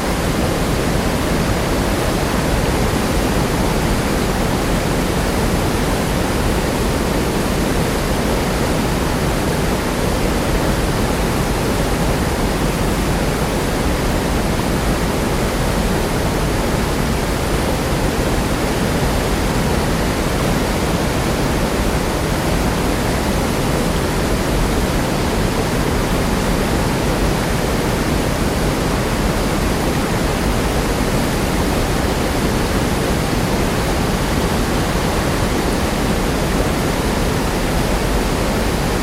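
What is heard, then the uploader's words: A waterfall pours without pause, a dense, even roar that fills everything from a deep low rumble up to a bright hiss. The level holds flat for the whole stretch, with no distinct splashes or other sounds breaking through. WATERFALL SOUNDS - NATURE’S PERFECT WHITE NOISE. The soothing sound of a waterfall.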